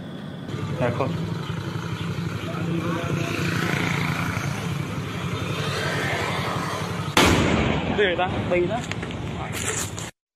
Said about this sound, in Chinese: 嗰度咧，你見到一個爆炸發生嘅，咁嗱，嗰爆炸咧，嗱，大家可能頭先睇唔真，其實個炸彈咧喺馬路邊，喺行路度嘅，喺前面有三個軍警，前面兩個，後面一個。就喺佢哋爆炸，咁其實炸嘅時候咧，應該係其中一個咧炸中咗嘅。